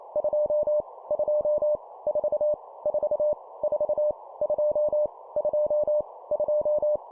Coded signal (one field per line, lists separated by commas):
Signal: Morse code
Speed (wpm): 28 wpm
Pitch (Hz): 600 Hz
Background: none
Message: 2 2 4 4 4 2 2 2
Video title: 25wpm Repeat three times Random Number, morse code practice